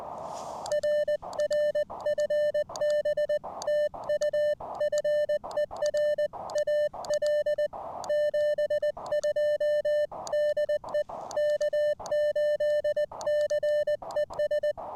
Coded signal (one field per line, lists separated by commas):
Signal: Morse code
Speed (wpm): 20 wpm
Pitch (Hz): 600 Hz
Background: music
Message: RR FB TU FER AL 72 DE K8CES